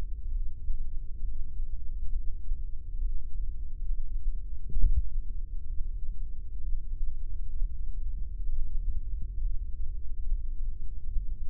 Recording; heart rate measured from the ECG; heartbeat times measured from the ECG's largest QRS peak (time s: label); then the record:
heart sounds by microphone in the right ear; 66 bpm
0.30 s: heartbeat
1.23 s: heartbeat
2.12 s: heartbeat
2.99 s: heartbeat
3.87 s: heartbeat
4.78 s: heartbeat
5.68 s: heartbeat
6.62 s: heartbeat
7.56 s: heartbeat
8.48 s: heartbeat
9.40 s: heartbeat
10.28 s: heartbeat
11.16 s: heartbeat
From the record:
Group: heart failure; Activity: rest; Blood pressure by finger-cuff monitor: 134/94 mmHg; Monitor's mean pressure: 108 mmHg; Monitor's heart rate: 67 bpm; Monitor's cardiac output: 6.1 L/min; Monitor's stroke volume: 91 mL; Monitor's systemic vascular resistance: 1300 dyn s/cm5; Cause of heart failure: idiopathic cardiomyopathy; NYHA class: 1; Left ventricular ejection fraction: 50%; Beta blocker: bisoprolol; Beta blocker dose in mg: 5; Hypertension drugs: candesartan, spironolactone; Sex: male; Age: 54 years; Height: 180 cm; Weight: 94.6 kg